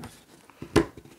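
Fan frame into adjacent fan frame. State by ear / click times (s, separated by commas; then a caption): seated / 0.8 s. A 120 mm fan is slid over so the notches on its plastic frame lock into the frame of a second fan, with a sharp click at 0.8 s. The two fans end up locked together as one connected pair.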